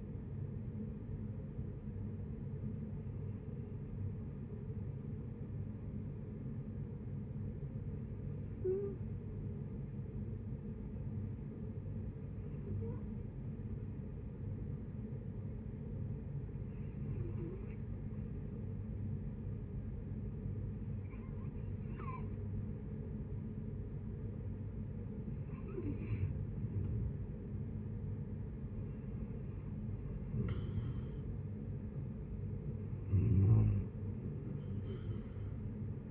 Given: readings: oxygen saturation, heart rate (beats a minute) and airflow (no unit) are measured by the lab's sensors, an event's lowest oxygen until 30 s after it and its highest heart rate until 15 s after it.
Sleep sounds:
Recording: breathing in sleep by a smartphone at the bedside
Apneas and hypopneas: 1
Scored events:
4.00-24.20 s: hypopnea (N1, oxygen 95% highest, then 90% lowest, heart rate 64 at the start, 74 highest)
From the record:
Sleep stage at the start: N1 (lightest sleep)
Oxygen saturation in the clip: 91 to 95%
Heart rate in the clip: 64 to 74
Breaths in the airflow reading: 8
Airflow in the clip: -8.9 to 10.4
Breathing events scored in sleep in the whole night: 496 in 5.4 hours asleep

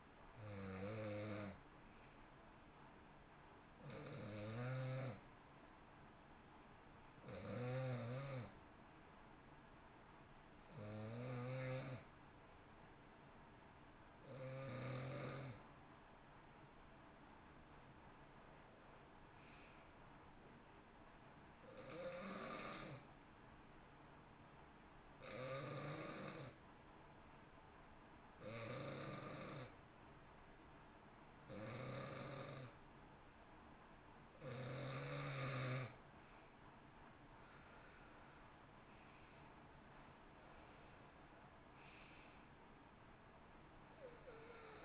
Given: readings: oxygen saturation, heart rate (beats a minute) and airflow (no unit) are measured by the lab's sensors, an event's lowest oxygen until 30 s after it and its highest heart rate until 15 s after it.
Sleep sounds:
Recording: breathing in sleep by a voice recorder at the bedside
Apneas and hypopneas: 1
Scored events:
9.00-36.40 s: hypopnea (N2, oxygen 93% highest, then 88% lowest, heart rate 56 at the start, 68 highest)
From the record:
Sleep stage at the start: N2 (light sleep)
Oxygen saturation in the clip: 87 to 93%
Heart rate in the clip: 56 to 68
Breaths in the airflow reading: 13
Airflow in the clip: -13.5 to 14.0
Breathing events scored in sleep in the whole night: 328 in 6.3 hours asleep

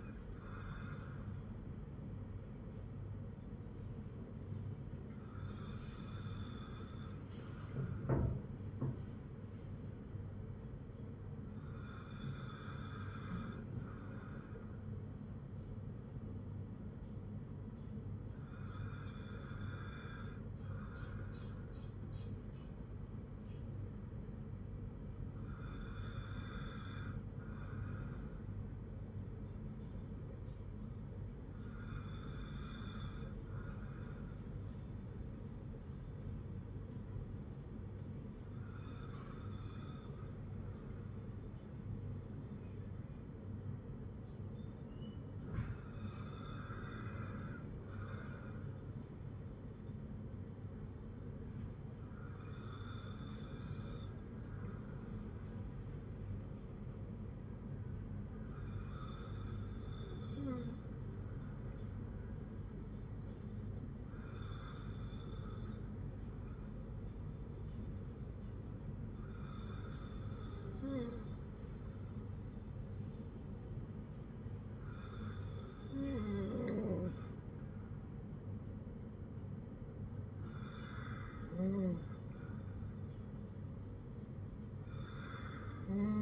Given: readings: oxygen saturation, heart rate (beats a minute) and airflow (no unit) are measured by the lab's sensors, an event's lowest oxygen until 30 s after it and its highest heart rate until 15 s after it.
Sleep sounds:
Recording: breathing in sleep by a smartphone at the bedside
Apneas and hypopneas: 1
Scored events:
55.00-74.30 s: hypopnea (N2, oxygen 97% highest, then 94% lowest, heart rate 54 at the start, 58 highest)
From the record:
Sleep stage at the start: N2 (light sleep)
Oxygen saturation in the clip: 94 to 97%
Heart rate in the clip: 53 to 60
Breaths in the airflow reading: 14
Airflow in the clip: -6.1 to 3.7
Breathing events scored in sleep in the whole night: 182 in 7.4 hours asleep

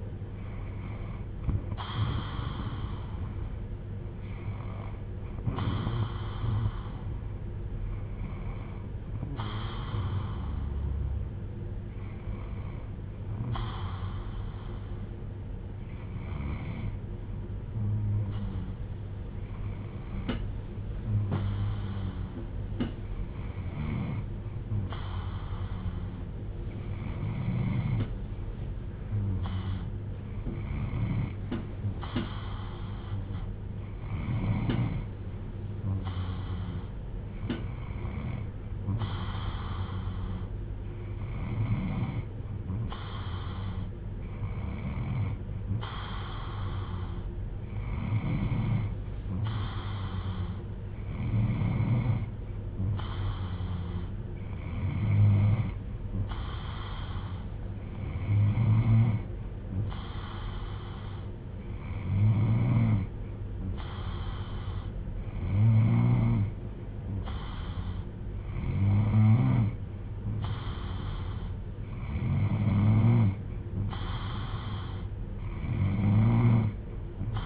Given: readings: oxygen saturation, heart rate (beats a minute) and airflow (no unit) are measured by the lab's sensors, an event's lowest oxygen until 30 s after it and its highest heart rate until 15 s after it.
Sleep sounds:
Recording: breathing in sleep by a smartphone at the bedside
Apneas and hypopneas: 1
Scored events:
13.00-71.30 s: hypopnea (N2, oxygen 97% highest, then 92% lowest)
14.00-44.00 s: new sleep stage, N3 (deep sleep)
44.00-77.46 s: new sleep stage, N2 (light sleep)
From the record:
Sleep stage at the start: N2 (light sleep)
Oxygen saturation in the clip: 86 to 97%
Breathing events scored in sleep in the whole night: 310 in 8.1 hours asleep

